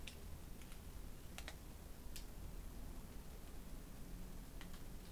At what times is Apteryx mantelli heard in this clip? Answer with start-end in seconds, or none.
none